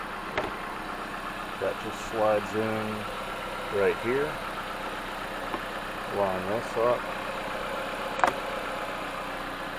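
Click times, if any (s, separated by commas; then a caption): 8.2 s. A replacement intake runner control solenoid for a 2010 Jeep Patriot with code P2010 (intake runner high circuit) is lined up on the intake manifold and pushed in while someone talks. A single sharp click at 8.2 s marks its tabs locking into place, and the solenoid is seated.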